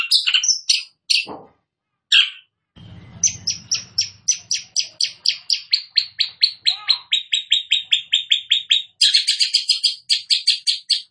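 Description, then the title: Long-tailed shrike song: a few varied notes, then a fast run of high, sharp chirped notes, shifting into buzzier doubled notes near the end, with a brief low rumble. Bird described as 'gacor', meaning singing vigorously. "Cendet Gacor"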